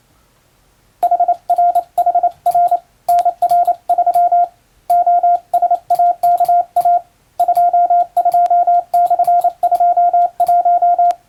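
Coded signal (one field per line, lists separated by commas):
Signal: Morse code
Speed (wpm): 28 wpm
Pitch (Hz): 700 Hz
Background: radio noise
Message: HRHR NR3 OSAKA 22/21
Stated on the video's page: Hand-keyed international Morse telegram sending practice with a telegraph key, by a first-class radiotelegraph operator.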